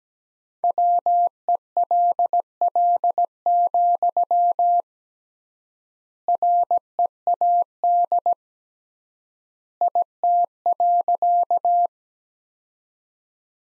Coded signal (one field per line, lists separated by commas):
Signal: Morse code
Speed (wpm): 17 wpm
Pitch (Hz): 700 Hz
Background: none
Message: WELL, READ IT.